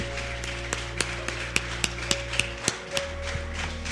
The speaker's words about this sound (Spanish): Y así aplaude fuerte al Señor porque Él vive.